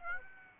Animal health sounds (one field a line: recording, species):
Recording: mosquito wingbeat signal from an infrared sensor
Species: Aedes aegypti